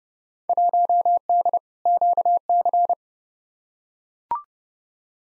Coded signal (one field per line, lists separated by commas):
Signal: Morse code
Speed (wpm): 32 wpm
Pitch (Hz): 700 Hz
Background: none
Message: 1D QC